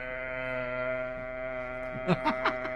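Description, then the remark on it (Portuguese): A man blows a berrante cattle horn in one long, unbroken blast, a buzzy, steady tone held at a single pitch, with a few short vocal bursts breaking in near the end. “O cara tava com um berrante.”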